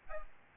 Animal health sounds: mosquito wingbeat signal from an infrared sensor; Aedes albopictus

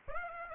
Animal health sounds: mosquito wingbeat signal from an infrared sensor; Aedes aegypti

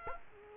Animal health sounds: mosquito wingbeat signal from an infrared sensor; Culex quinquefasciatus

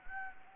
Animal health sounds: mosquito wingbeat signal from an infrared sensor; Anopheles gambiae

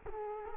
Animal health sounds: mosquito wingbeat signal from an infrared sensor; Culex quinquefasciatus

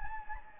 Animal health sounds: mosquito wingbeat signal from an infrared sensor; Anopheles gambiae

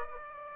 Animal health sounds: mosquito wingbeat signal from an infrared sensor; Aedes aegypti

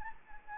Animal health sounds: mosquito wingbeat signal from an infrared sensor; Anopheles gambiae

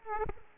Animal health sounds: mosquito wingbeat signal from an infrared sensor; Aedes aegypti

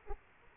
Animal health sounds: mosquito wingbeat signal from an infrared sensor; Aedes aegypti

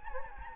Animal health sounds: mosquito wingbeat signal from an infrared sensor; Anopheles gambiae

